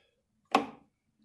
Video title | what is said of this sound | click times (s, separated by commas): Stihl BR550 restored for under $50 Part 2 of 3 | you hear that click it just centered itself on there | 0.6 s